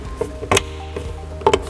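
A lubricated plastic clip-lock waste drain fitting is pulled up into the shower tray outlet from under the tray, with a faint tap at 0.2 s and a soft knock near 1.0 s. Sharp double clicks sound at 0.5 s and 1.5 s as the clip-lock engages. The fitting is seated nice and firm, making a really good seal.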